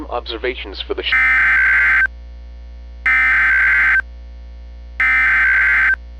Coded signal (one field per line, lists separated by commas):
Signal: Emergency Alert System (SAME) tones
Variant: header bursts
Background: speech